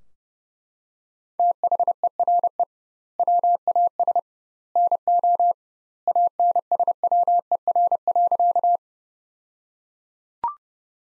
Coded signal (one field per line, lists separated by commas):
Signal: Morse code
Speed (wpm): 32 wpm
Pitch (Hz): 700 Hz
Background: none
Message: THERE WAS NO ANSWER.